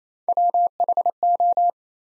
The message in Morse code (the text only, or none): WHO